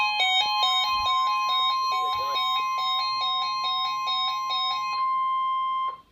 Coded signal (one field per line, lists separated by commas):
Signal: Emergency Alert System (SAME) tones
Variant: 1050 Hz attention tone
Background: speech, music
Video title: EAS #841-842 - 2 Same Severe Thunderstorm Warnings 8-21-2014